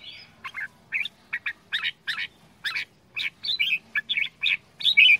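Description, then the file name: Red-whiskered bulbul song, a lively string of short chirped and warbled notes, about three each second, steady throughout. Quảng Ngãi, Vietnam; 'chè đao' bulbul, described as having a frantic voice. "tieng chao mao quang ngai che dao giong dien cuong"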